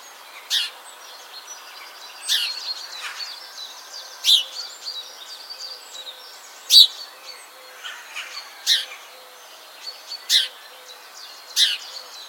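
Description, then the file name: House sparrow chirping: sharp, high, clipped notes repeated every couple of seconds, with quieter twittering and chirps between them. "Passer domesticus"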